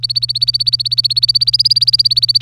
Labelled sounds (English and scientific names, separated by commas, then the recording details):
Domestic Canary (Serinus canaria) song
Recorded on 25 April 2018 at 07:51
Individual llb3